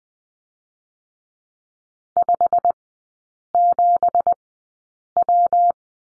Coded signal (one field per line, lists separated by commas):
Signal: Morse code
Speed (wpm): 20 wpm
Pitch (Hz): 700 Hz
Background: none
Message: 57W